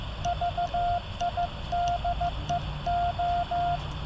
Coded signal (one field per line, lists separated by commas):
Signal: Morse code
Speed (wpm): 14 wpm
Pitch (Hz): 700 Hz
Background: none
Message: VIDEO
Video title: a Spring night ~ Yaesu 891 ~ CW QSO ~ SubTitles